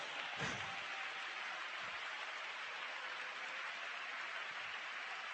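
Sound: applause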